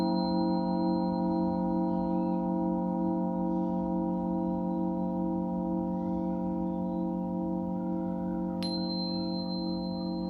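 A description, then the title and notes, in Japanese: A singing bowl hums with a steady, sustained drone, its layered ringing tones unchanging throughout, with one brief bright click near nine seconds. 朝焼けのメキシコから シンギングボウルのサウンドヒーリングライブ。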